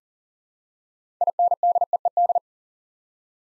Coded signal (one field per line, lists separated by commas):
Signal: Morse code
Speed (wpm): 42 wpm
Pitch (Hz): 700 Hz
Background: none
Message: INDEED